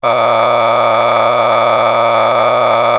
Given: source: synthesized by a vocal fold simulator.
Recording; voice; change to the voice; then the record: sustained vowel; male; a random mix of aspiration noise, stiffness perturbation and strain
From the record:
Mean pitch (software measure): 117 Hz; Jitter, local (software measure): 3.65%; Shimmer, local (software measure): 12.0%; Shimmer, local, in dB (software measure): 0.94 dB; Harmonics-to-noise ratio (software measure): 5.3 dB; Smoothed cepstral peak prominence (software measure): 12.1 dB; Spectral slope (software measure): -12.5 dB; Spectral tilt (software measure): -10.0 dB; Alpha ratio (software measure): -3.0 dB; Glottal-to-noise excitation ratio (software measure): 0.909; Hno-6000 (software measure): 1.8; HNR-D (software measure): 18.7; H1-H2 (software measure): 1.7 dB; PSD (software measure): 4.3e-04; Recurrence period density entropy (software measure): 0.134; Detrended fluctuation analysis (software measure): 0.0313